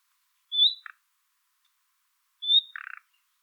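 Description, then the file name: Common nightingale giving two calls, each a clear rising whistle followed straight away by a short croaking rattle, about two seconds apart. "Luscinia megarhynchos"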